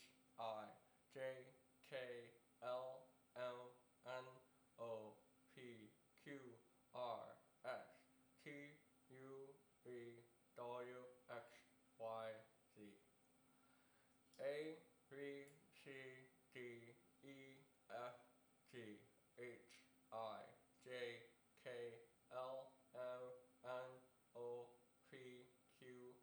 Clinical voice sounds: letters of the alphabet, spoken; constrained by a bite bar between the teeth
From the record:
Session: first day, right after the free take

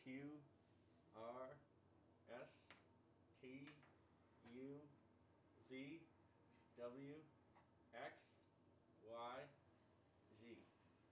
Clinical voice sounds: letters of the alphabet, spoken; constrained by a bite bar between the teeth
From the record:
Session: first day, right after the free take

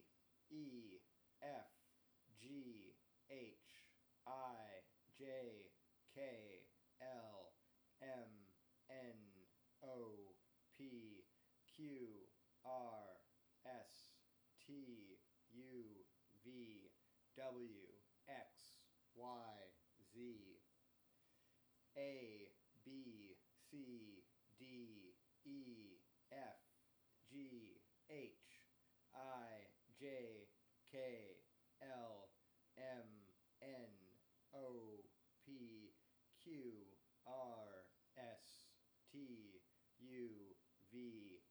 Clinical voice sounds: letters of the alphabet, spoken; free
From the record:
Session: first day, before the bite bar

